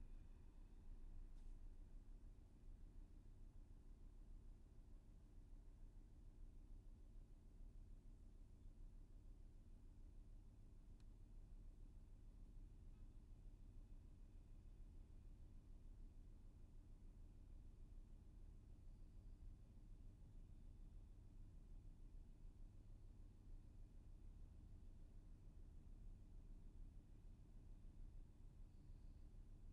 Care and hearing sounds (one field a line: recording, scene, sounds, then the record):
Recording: everyday scene through a hearing-aid microphone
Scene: in a vehicle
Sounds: engine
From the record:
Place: VW T5 Caravelle, diesel engine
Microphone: behind the ear, left, front